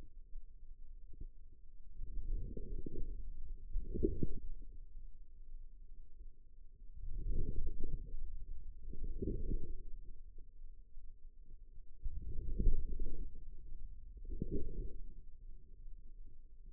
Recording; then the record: forearm muscle sounds (acoustic myography)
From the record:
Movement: outward rotation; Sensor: system 2, bracelet of six BSWA MPA416 microphones around the upper forearm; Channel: 3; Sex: female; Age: 25 years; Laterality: right